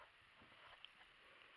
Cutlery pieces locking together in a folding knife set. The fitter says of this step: Voilà, là il y a eu le clap.